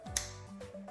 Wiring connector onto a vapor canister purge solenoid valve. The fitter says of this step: Go ahead, slide it into place, listen for the click,